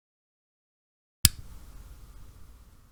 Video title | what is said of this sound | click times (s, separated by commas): upgrade time XLR setup unboxing | it has a very positive click in there and now it's in there and then | 1.3 s